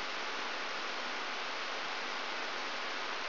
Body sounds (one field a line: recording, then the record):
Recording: brain microelectrode recording played as sound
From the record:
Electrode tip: outside the subthalamic nucleus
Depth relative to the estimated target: 0 mm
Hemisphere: right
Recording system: AlphaMap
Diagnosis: Parkinson's disease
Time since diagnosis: 20 years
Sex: female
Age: 65 years